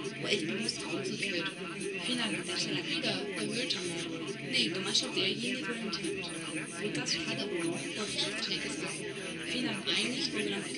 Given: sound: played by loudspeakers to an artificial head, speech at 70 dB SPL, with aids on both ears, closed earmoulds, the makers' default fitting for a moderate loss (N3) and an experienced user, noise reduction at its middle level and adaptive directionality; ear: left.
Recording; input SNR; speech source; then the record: speech test signal (ISTS) in cocktail-party noise; -3 dB; on the right (90 degrees)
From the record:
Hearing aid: class 2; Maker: B